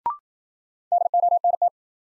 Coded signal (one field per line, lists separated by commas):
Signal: Morse code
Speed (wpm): 52 wpm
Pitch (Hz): 700 Hz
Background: none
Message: DONT